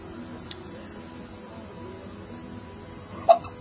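Quiet room hum, a faint click early on, then one sharp, abrupt hiccup from an adult near the end.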